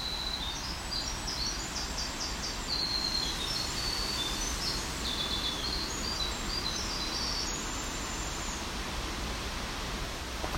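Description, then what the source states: Winter Wren song: a long, fast, high tumbling stream of tinkling trills and chattering notes running for many seconds, over steady hiss. Very long song; bird in typical habitat of fairly dense, dark, not very tall woods with white pine and balsam fir.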